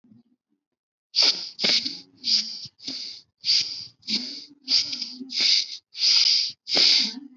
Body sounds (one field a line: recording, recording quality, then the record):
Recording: shallow breathing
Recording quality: excellent, no background noise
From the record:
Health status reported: healthy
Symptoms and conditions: none ticked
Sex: male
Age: 27 years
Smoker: not ticked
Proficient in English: yes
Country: India